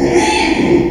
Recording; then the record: squeal of a Yucatan mini pig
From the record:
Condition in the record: after surgery on the right vocal fold (resection and tissue-engineered implant); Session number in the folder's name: 2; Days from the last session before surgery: 13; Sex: male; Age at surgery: 12 weeks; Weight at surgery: 13 kg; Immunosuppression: cyclosporine, prednisolone